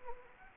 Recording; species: mosquito wingbeat signal from an infrared sensor; Anopheles gambiae